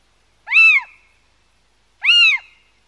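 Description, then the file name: Little owl giving two arched, mewing 'kiew' calls about one and a half seconds apart, each with a short trailing tail, against a silent background. "mocho galego"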